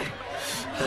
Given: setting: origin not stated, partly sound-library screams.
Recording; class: one-second piece from a danger detection set; normal situation